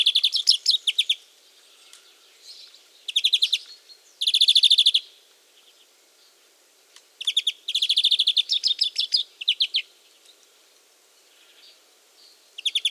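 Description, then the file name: European greenfinch giving fast rattling trills in irregular bursts, some long and dense, others short, with brief quiet gaps and scattered single notes. "Chloris chloris"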